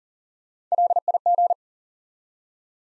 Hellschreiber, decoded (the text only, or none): none